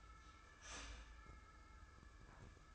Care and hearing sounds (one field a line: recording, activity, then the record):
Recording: daily activity, microphone in the room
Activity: start toaster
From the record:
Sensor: 2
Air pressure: 995.1 hPa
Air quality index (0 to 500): 57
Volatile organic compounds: 1 ppm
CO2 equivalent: 934 ppm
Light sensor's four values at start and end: 17/54/21/20 and 17/54/21/20